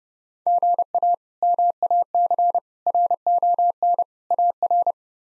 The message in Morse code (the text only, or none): GA MAC RON AR